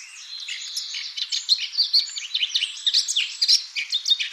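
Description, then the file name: Eurasian blackcap song, rapid high twittering with bright whistled accents, rising in intensity after the first second and continuing without a break. "Sylvia atricapilla"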